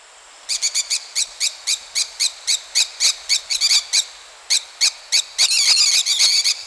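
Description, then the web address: Maroon-tailed parakeet repeating short, harsh screeches about four times a second, then breaking into a rapid, overlapping squabble of rasping notes. Ecuador. "Birds of Ecuador. Maroon-tailed Parakeet"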